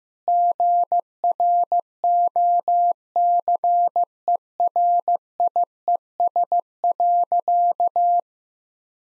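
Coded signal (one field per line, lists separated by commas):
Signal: Morse code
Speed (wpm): 15 wpm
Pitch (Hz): 700 Hz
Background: none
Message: GROCERIES.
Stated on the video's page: Morse practice sentences containing common three-word phrases at 15 wpm for head copy.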